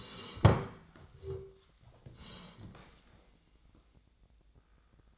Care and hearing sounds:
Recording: daily activity, microphone in the room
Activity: sit down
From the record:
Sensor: 3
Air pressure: 1012.3 hPa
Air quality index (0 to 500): 175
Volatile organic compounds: 3 ppm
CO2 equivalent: 1338 ppm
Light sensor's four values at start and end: 71/170/79/84 and 113/238/120/132

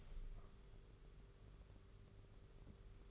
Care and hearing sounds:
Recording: daily activity, microphone in the room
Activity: open window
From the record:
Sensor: 4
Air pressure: 991.1 hPa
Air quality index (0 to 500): 153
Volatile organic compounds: 104 ppm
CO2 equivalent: 3777 ppm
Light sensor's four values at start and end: 6/14/5/6 and 6/15/6/6

